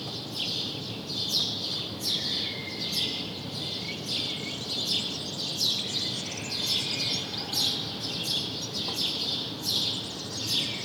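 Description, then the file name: House sparrow calls, rapid harsh chirps repeated throughout, with a faint drawn-out tone early on and constant background hiss. "Passer domesticus"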